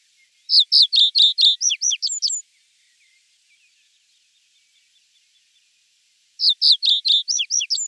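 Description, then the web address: Reed bunting song: a rapid string of about ten high, clipped chirping notes lasting two seconds, repeated after a pause, with faint scattered notes between. "Schulze Peter Reed Bunting song"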